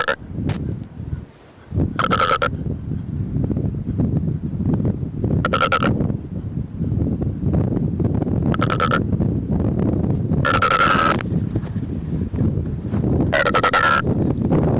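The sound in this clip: Secretarybird giving five brief, harsh, nasal calls at irregular intervals over constant wind-like rumbling.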